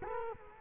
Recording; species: mosquito wingbeat signal from an infrared sensor; Culex quinquefasciatus